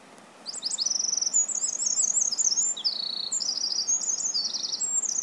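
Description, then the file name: Eurasian wren song starting after half a second, a continuous energetic outpouring of high trills and rattling phrases to the end. "Troglodytes troglodytes"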